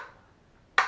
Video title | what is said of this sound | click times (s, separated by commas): Achats divers LIDL, Go SPORT, Mr Bricolage | il se clipse comme ça | 0.8 s